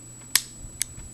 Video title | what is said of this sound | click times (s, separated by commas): Bernardelli Gardone Revisited | Just pops right back | 0.4 s